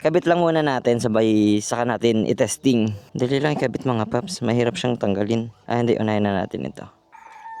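A wiring harness connector is being fitted to the back of a replacement instrument panel gauge on a Honda Click motorcycle, swapped in for a burnt gauge. Someone talks almost the whole time while handling the connector. Nothing has seated or clicked yet when the clip ends.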